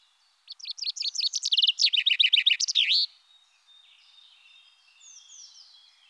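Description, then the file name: Common chaffinch song: one fast descending trill of repeated notes ending in a flourish. "Pinson des arbres"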